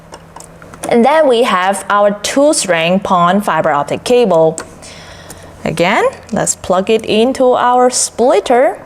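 A two-strand PON fiber optic cable's connector is handled toward a port on an outdoor two-in, sixteen-out passive optical splitter while someone talks. A few faint taps are heard near the start and around 5.3 seconds. Nothing has seated or clicked yet.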